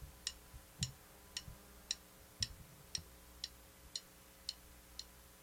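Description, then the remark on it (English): A clock ticks steadily while someone sets its date, about ten sharp, bright ticks evenly spaced at roughly two per second, with a few soft low thumps of handling underneath and no voices. “Set my date on my clock.”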